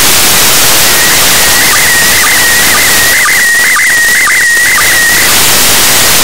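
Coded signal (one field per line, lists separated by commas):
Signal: SSTV (slow-scan television)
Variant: PD 120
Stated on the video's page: ISS SSTV on 145.800 MHz received with an ELAD FDM S2 and loop vibrator antenna.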